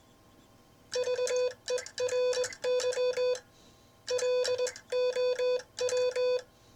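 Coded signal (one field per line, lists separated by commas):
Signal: Morse code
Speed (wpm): 20 wpm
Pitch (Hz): 500 Hz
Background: none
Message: VERY LOW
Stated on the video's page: Morse sent on a Vibroplex bug in classic bug style with some timing off, from the sender's Novice days, offered as bug copy practice.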